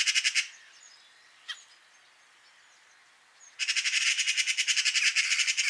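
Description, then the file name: Eurasian magpie giving a brief dry rattle, then a quiet gap with one click, then a loud, fast, evenly pulsed chatter lasting about two seconds. "Pica pica"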